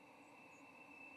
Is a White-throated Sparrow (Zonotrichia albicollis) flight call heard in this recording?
no